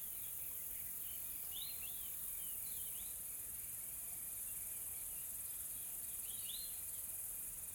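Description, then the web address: Insects, a continuous high shimmering drone, with short bird chirps at about 1.5, 3 and 6.5 seconds. Calm, soft insect ambience in a tropical forest in South Africa. "Smart Sound FX - Nature South Africa AMBIENCE Additional Tropical Forest Soft Insects Calm"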